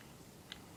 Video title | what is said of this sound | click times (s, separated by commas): ignite Black Ops 1911 | to where it clicks in place. | 0.5 s